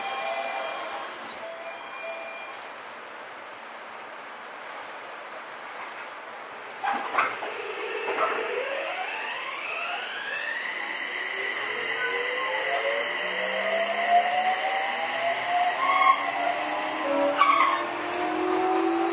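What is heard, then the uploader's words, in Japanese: Inside a subway train, a steady hush of running noise holds for the first seven seconds. A clunk then sets off the motor whine, which climbs in pitch as several layered tones rise together while the train gathers speed, with another knock near seventeen seconds. 都営6300形 西高島平ー神保町。車体は軽量ステンレス製車体であり、JR東日本の209系車両向けに開発された2シート貼り合わせ工法を採用している。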